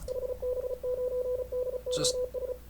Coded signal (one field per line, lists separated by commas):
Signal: Morse code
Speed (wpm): 36 wpm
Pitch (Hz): 500 Hz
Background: radio noise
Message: HB9DOS